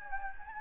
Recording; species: mosquito wingbeat signal from an infrared sensor; Anopheles gambiae